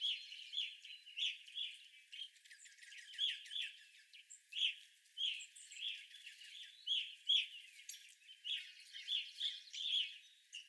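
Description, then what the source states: Evening grosbeaks in a lively flock, rapid overlapping chirps and trills running almost without a break from start to finish. Several evening grosbeaks recorded on 25 April 2021.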